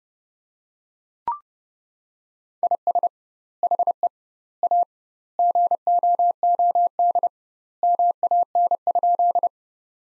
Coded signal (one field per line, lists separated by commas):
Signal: Morse code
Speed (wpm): 32 wpm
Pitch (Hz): 700 Hz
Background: none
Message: IS HE A GOOD MAN?